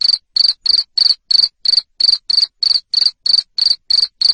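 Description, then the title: Cricket giving loud, shrill chirps, evenly spaced pulses roughly three per second without a break. Loud cricket chirping (ngerik) to stimulate lovebirds into continuous singing (ngekek). "Suara JANGKRIK NGERIK Keras Bikin LOVEBIRD Jadi NGEKEK Terus Vubey"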